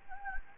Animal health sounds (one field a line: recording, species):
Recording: mosquito wingbeat signal from an infrared sensor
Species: Anopheles gambiae